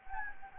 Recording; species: mosquito wingbeat signal from an infrared sensor; Anopheles gambiae